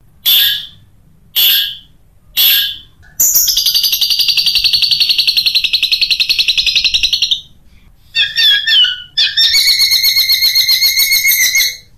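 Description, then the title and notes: Long-tailed shrike singing: three short scratchy notes about a second apart, then a long, even buzzing rattle, and after a pause more rapid, grating pulsed phrases. Cage-bird training recording of the 'tembakan' song style, variation 1. "Suara Burung Cendet Tembakan Variasi 1. Masteran Burung Cendet"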